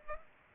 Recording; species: mosquito wingbeat signal from an infrared sensor; Culex pipiens